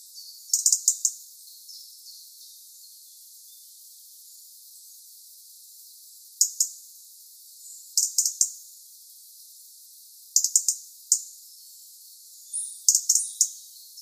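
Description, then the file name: European robin giving sharp, clicking tick calls in short bursts of a few notes, repeated at irregular intervals with quiet gaps between. "Erithacus rubecula"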